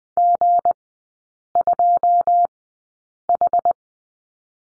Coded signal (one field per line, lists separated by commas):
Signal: Morse code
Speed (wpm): 20 wpm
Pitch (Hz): 700 Hz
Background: none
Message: G2H